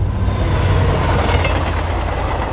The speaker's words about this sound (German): Die Neiße-Talbahn. Sie überquert den Fluss zwischen Zittau und Görlitz viermal. Die Gleise wechseln mehrfach das Staatsgebiet.